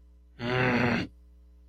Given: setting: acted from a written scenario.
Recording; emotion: vocal sound without words; confusion